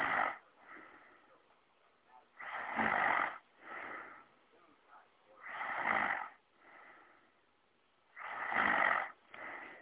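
Loud, rough snores come about every three seconds, each followed by a softer breathy outflow, in a steady sleep rhythm. A young woman snoring.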